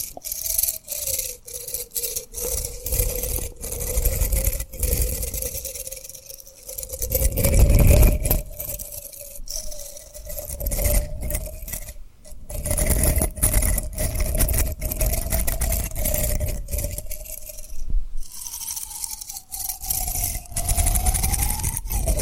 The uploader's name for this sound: Tapping & Rubbing Rhinestone Lip Triggers